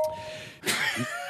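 A brief quiet inhale, then one sudden, forceful, hissing sneeze burst in a small studio.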